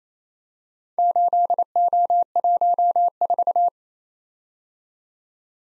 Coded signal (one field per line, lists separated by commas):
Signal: Morse code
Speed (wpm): 27 wpm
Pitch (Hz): 700 Hz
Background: none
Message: 8O14